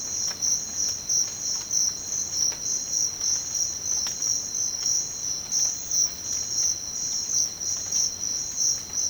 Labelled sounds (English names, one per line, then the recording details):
none
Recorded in dense forest near Puerto Asís, Putumayo, Colombia, on 19 March 2025 at 06:30
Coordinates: 0.481, -76.323
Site G088